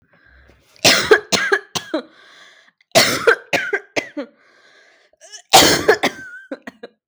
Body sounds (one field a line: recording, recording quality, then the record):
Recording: heavy voluntary cough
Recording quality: excellent, no background noise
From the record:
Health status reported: recovered from COVID-19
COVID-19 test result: positive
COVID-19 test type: RT-PCR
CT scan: not taken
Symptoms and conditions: cough, cold, sore throat, fatigue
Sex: female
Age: 26 years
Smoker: no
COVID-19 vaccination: both doses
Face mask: worn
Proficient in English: yes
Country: India